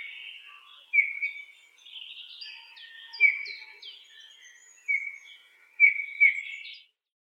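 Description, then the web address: Eurasian bullfinch calls: short piping notes in irregular bursts, with higher chirps between them, ending in silence. "снегирь"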